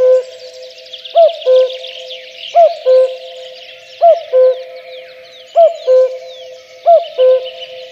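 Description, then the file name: Common cuckoo repeating a two-note cuckoo, high then low, five times, while many small birds trill and chirp in the background. "kakukk hangja"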